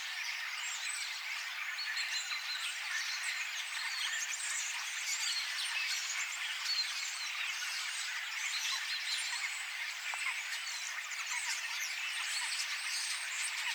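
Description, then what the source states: Common starling flock chorus, many birds producing a steady jumble of squeaky whistles, buzzy notes and clicks with no pauses. Flock of starlings singing together in chorus, recorded 13 September 2024.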